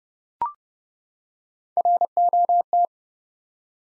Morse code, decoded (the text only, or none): ROT